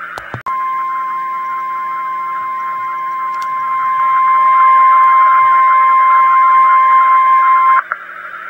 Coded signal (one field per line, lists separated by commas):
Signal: Emergency Alert System (SAME) tones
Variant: 1050 Hz attention tone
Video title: Weatheradio Canada - Severe Thunderstorm Watch (EAS #42-45) 14/09/2012